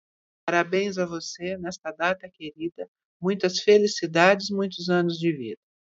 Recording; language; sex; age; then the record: short text; Brazilian Portuguese; female; 50 to 59 years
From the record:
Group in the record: control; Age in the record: 59 years